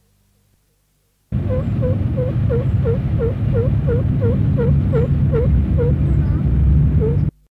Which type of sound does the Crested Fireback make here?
call